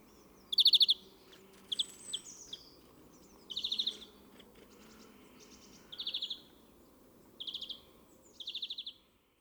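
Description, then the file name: European greenfinch song, short bursts of fast metallic trills spaced a second or two apart, with some faint higher twitters between them and a low hum underneath. "Chloris chloris"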